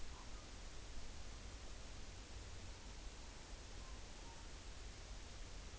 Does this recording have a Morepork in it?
yes